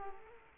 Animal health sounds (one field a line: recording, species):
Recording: mosquito wingbeat signal from an infrared sensor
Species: Culex quinquefasciatus